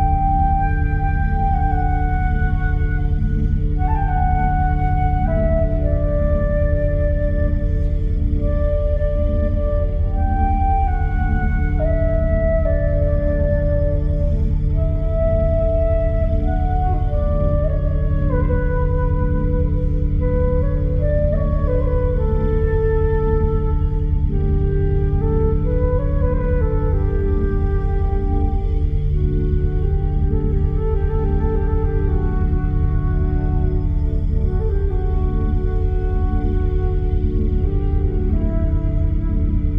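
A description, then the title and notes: A binaural beat drone holds a deep, steady low hum throughout, while soft bell-like tones drift and glide slowly above it, evenly loud. Binaural Beat Delta.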